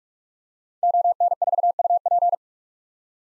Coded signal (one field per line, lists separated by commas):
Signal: Morse code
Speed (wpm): 45 wpm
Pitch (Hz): 700 Hz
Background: none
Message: ON4UP